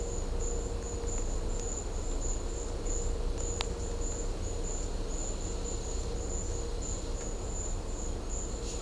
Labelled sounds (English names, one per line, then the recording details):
none
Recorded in secondary vegetation near Puerto Asís, Putumayo, Colombia, on 21 December 2024 at 12:30
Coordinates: 0.500, -76.326
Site G065